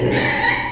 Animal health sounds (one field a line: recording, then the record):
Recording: squeal of a Yucatan mini pig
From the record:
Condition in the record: before surgery on the right vocal fold (resection and tissue-engineered implant)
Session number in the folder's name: 2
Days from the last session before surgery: 0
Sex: male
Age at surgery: 12 weeks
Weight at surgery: 13 kg